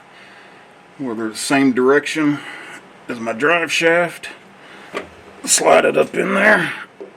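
A fuel filter element is lined up with its notches parallel to the drive shaft and slid up into the filter housing on a diesel truck while someone talks. The element is being handled, and nothing has seated or clicked into place yet.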